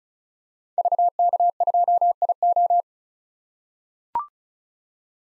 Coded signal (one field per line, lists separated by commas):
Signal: Morse code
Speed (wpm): 36 wpm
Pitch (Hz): 700 Hz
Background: none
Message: VK2IO